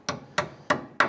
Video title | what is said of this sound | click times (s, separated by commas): How to Replace Rear Center Brake Hose 2002-2008 Dodge Ram 1500 | with the hammer, just kind of let it sit flush, and that's locked into place. | 0.1 s, 0.4 s, 0.7 s, 1.0 s